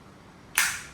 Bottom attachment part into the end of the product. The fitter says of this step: until it's got got the click sounds right so it's very suitable for the